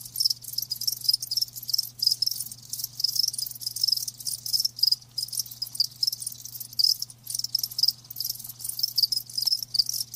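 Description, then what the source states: Cricket: steady chorus of high, pulsing cricket chirps with brief gaps between bursts, several insects calling together over a low hum. Live crickets chirping.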